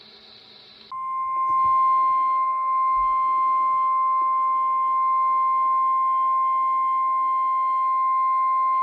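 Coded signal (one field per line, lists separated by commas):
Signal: Emergency Alert System (SAME) tones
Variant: 1050 Hz attention tone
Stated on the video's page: Real EAS alerts from an enhanced-risk severe weather event, including tornado warnings.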